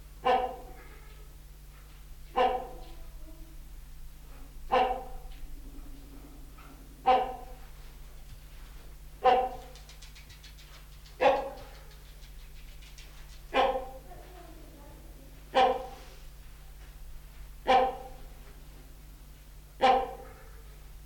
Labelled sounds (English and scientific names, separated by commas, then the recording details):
Trumpeter Hornbill (Bycanistes bucinator)
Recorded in captivity
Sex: female
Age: adult
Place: Zoo Berlin, Berlin, DE
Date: 1995-04-01 11:41
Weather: bedeckt - heiter, 6 - 8°C, böiger Wind
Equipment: Marantz CP 430, Sennheiser ME 80, Kopie Uher Variocord 263
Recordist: Tembrock, Günter